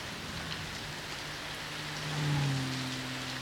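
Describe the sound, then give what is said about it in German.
Steady rain patters all around in a dense, even hiss, with a faint low hum running underneath that swells briefly midway. No voices are heard. “Es regnet so merkwürdig. So rhythmisch ringsherum.”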